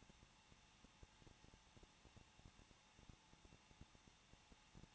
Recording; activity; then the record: daily activity, microphone in the room; no activity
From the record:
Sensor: 1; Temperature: 20.1 degrees Celsius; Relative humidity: 39.2%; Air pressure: 1006.3 hPa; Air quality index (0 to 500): 218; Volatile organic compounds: 78 ppm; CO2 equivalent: 3587 ppm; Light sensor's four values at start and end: 1/2/1/1 and 1/2/1/1